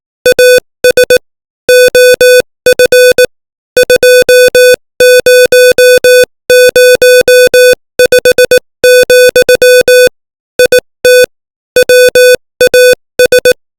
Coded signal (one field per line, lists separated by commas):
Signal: Morse code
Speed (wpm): 18 wpm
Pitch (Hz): 500 Hz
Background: music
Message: AS OF 2005, IT WAS